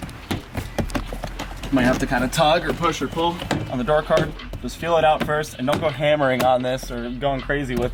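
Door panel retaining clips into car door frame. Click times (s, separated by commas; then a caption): 0.3 s, 0.8 s, 1.0 s. On a BMW E46 passenger front right door, after a window regulator replacement, soft palm hits press the plastic door card onto the door so its retaining clips pop into their holes in the door frame; gentle hits are used because the clips break easily. Sharp snaps land at about 0.3, 0.8 and 1.0 seconds as the clips seat and lock into place, while someone talks throughout.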